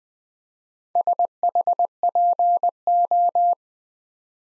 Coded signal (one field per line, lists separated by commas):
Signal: Morse code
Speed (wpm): 20 wpm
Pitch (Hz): 700 Hz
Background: none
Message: SHPO